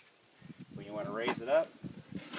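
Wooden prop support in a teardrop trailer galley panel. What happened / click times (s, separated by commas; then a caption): Handled, not yet seated: no locking knock yet / none. Someone talks while handling the hinged wooden panel of a teardrop trailer galley, raising it with its wooden prop support, with soft low handling rustles under the voice. The clip ends just before the wooden support locks in place, so nothing has seated or clicked yet.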